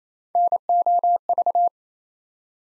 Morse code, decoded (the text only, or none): NOV